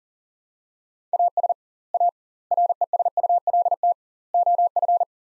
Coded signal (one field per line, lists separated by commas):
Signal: Morse code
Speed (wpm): 40 wpm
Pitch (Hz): 700 Hz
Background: none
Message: AS A RESULT OF